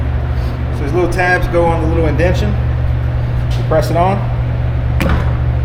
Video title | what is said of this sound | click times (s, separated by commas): HOW TO AVOID PAINT JOBS THAT PEEL OFF!! / DIYMOVEMENT / RECOAT WINDOW DISCUSSION / EPISODE 13 | and then you turn it until it clicks on the next tab. Boom. | 5.0 s